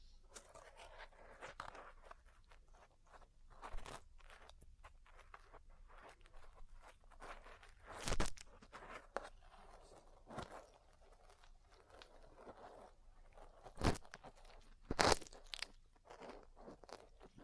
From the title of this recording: Ear Cleaning, Massage, Cupping, Tapping